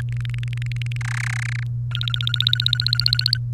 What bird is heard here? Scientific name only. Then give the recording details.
Serinus canaria. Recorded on 1 May 2018 at 14:41. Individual llb3